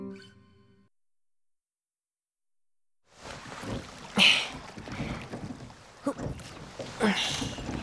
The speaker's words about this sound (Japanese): とりあえずボート乗りに行こっか。 なぜだ？ 僕ボートの漕ぎ方絶賛練習中なんだ。